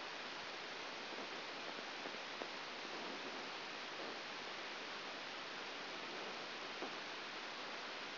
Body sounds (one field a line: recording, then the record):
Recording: brain microelectrode recording played as sound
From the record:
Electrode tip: outside the subthalamic nucleus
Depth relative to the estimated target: -5 mm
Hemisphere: right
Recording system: AlphaMap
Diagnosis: Parkinson's disease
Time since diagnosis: 7 years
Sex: female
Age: 49 years